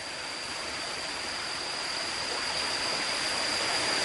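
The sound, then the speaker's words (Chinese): Stream water rushes and babbles steadily without pause, a dense hiss that swells slightly toward the end, with a thin, constant high-pitched whine running underneath. No voices. A stream in a valley by a riverbank at dusk, recorded outdoors in the wild. “上礼拜我跟朋友去野外录音，我们站在黄昏江岸的溪谷，然后从那个溪谷传来许多蛙鸣，还有鸟叫，也听见松鼠叫，当然还有溪水的声音。”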